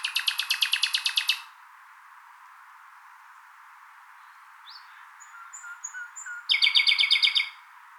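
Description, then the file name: Common nightingale song: a loud rattling trill, a long silence, soft whistles and low notes building up, then another fast, buzzy repeated trill. "Luscinia megarhynchos"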